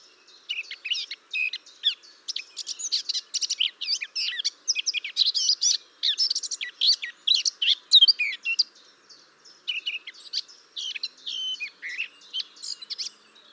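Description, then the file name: Eurasian blackcap song, a long, dense stream of hurried twittering and scratchy warbled notes with brief gaps, continuing for over ten seconds. "Sylvia atricapilla"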